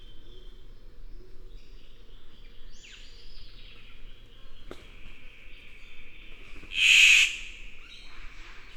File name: Ptiloris Victoriae